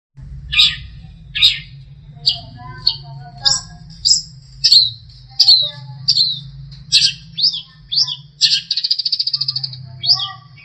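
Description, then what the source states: Long-tailed shrike song of sharp chirps and slurred whistles spaced under a second apart, with a buzzy rattling trill near the end, over constant low hum. Master song for training songbirds.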